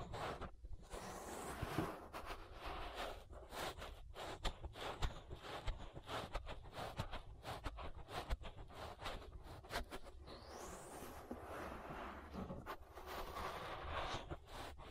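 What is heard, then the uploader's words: Ear massage sounds with continuous rubbing and scratching against the microphone, a dense crackle of short strokes that never lets up. Brief brushing swipes rise around the first second and again near ten seconds, and a low rumble of handling runs underneath. ASMR Relaxing Ear Massage.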